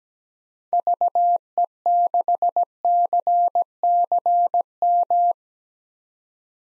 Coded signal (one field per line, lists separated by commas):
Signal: Morse code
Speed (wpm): 17 wpm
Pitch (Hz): 700 Hz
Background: none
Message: VE6CCM